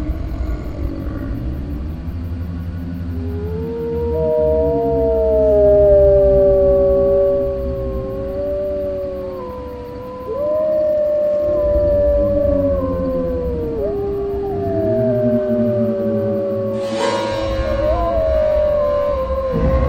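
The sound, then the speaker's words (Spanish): A werewolf howl: long, wavering tones that rise and slowly fall in pitch, sustained and loud over a low rumbling drone, with a brief hissy burst near the end and no talking. “Pero vamos a ver, imbécil, que tenemos un hombre lobo enfrente.”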